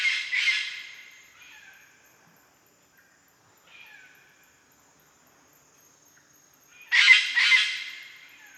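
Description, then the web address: Eclectus parrot giving harsh, grating double screeches at the start and again near the end, with softer rasping calls between. Recorded in Indonesia. "ULM-DS-Lab indonesian-bird-sounds. Eclectus roratus"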